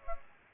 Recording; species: mosquito wingbeat signal from an infrared sensor; Aedes aegypti